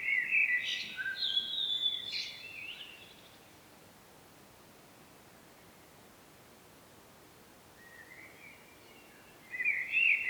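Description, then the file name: Common blackbird song: a short fluty phrase with a squeaky tail, a long quiet gap, then the start of another phrase. "Turdus merula"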